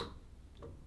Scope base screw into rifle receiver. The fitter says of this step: There's the click.